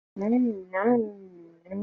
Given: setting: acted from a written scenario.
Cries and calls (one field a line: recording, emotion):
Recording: vocal sound without words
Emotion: desire